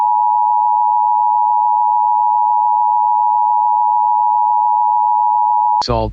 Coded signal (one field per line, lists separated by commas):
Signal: Emergency Alert System (SAME) tones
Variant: 853 and 960 Hz attention tone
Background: speech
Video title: EAS #557 Immediate Evacuation